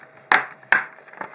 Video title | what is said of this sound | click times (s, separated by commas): Samsung N 130 Wymiana dysku twardego | słyszycie, jak te zatrzaski wskakują w swoje miejsca. | 0.3 s, 0.7 s